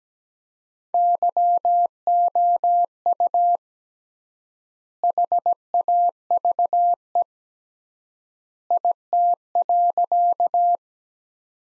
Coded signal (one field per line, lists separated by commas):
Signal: Morse code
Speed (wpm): 17 wpm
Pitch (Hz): 700 Hz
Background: none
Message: YOU HAVE IT.